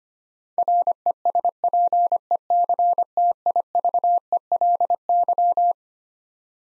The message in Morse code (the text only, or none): RESPECTIVELY